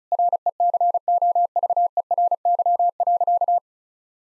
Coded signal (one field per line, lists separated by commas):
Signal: Morse code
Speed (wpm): 36 wpm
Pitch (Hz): 700 Hz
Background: none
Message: RECOVERY.